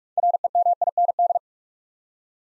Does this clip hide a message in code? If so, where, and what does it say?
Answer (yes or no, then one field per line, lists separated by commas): yes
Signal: Morse code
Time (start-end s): 0.2-1.4 s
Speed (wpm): 44 wpm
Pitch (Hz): 700 Hz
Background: none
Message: REMIND